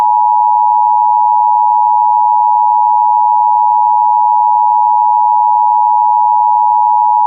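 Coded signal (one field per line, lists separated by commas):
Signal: Emergency Alert System (SAME) tones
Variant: 853 and 960 Hz attention tone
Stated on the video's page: Mock wildfire warning alert made with a self-made macro; not real.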